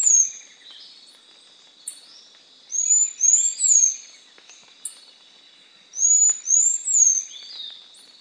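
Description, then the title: Bird singing high thin whistles in groups of three, the phrase repeated twice with short sharp notes between, over a constant faint high buzz. "LuckyPassaro Completos2Sama"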